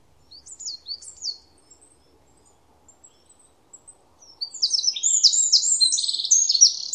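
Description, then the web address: Bird calling: a few sharp high chirps, a few faint ticks, then a loud, dense run of rapid twitters until the end. "cianscape birddata Deverinetal 2025"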